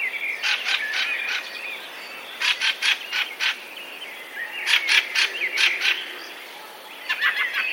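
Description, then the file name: Fieldfare giving harsh, dry chack calls in quick bursts, with pauses between groups. "turdus pilaris"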